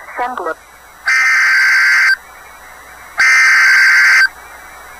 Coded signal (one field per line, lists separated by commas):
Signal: Emergency Alert System (SAME) tones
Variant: header bursts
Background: speech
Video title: EAS severe thunderstorm warning for Brevard and Orange counties in Florida - May 23, 2013